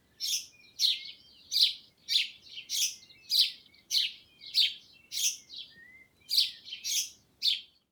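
Sparrow chirping, quick harsh tweets repeated about twice a second in a continuous run of a dozen or so notes, with a brief pause near the end.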